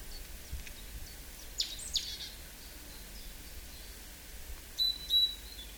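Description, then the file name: Great tit calls: two crisp, high downward notes, then later a short, steady high whistle repeated twice, over quiet low rumble. "Parus major"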